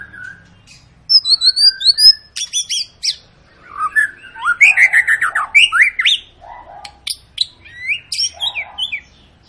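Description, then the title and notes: White-rumped shama song: varied whistles, sharp upslurs and rapid buzzy trills in quick bursts, pausing briefly between phrases. Long lure song played to make other birds sing. "Pancingan Murai Batu Gacor Panjang. muraiku"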